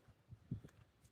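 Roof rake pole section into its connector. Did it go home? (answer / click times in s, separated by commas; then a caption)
no / none. A section of an Avalanche roof rake pole is pushed by hand toward its connector, making a series of soft, low thumps, the loudest near 0.5 s, with a brief faint tick at 0.7 s. The section does not snap in, and nothing has seated or clicked yet.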